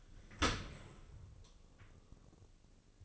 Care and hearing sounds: daily activity, microphone in the room; open dishwasher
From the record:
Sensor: 4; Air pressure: 1013.2 hPa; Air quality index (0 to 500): 172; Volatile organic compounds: 2 ppm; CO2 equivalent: 1082 ppm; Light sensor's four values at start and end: 73/182/75/77 and 75/186/77/78

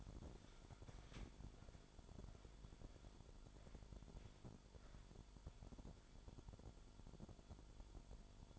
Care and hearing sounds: daily activity, microphone in the room; walk to room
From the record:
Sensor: 5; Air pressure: 1008.3 hPa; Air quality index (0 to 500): 128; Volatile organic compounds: 2 ppm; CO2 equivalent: 984 ppm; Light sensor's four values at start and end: 36/83/33/33 and 37/85/34/33

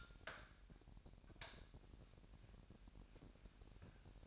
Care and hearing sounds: daily activity, microphone in the room; light on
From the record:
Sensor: 2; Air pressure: 1011.8 hPa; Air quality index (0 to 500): 217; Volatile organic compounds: 3 ppm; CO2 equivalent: 1529 ppm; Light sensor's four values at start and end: 12/27/12/12 and 16/45/18/18

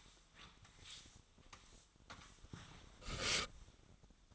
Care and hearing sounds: daily activity, microphone in the room; sweep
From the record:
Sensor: 3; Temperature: 25.7 degrees Celsius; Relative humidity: 37.5%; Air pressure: 1006.9 hPa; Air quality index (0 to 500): 204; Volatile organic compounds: 18 ppm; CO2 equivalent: 2612 ppm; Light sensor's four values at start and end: 7/15/6/7 and 13/26/12/12

